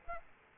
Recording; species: mosquito wingbeat signal from an infrared sensor; Aedes aegypti